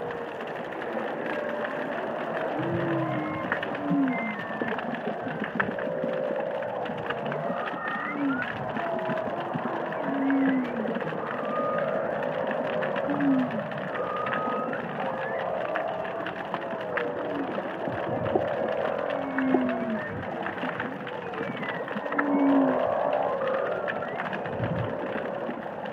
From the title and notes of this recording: Whale Song is a collection of underwater recordings of humpback whales singing and calling in the Indian Ocean.